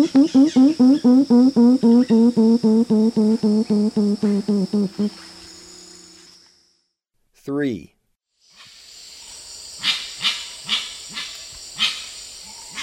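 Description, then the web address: Gray-winged trumpeter giving a fast run of low, harmonic hooting notes for about five seconds, then one swooping note, followed by soft hissing clicks. Recorded in Ecuador. "S America Birds of Ecuador. Gray winged Trumpeter"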